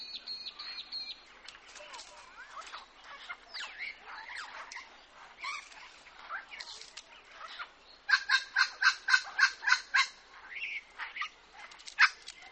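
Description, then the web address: Red wattlebird's rapid series of harsh, raspy notes after a stretch of mixed chattering. "vaswhite. Red wattle bird"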